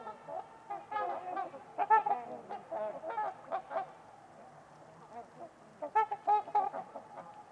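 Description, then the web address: Trumpeter swans give rapid, repeated trumpet-like honks in two bursts separated by a quieter stretch. Trumpeter swans at Winters Lake in a deep valley on a winter evening; silent surroundings apart from distant white noise. "Trumpeter Swans on a Winter's Eve. Winters-Lake-with-Swan. Wind Is the Original Radio"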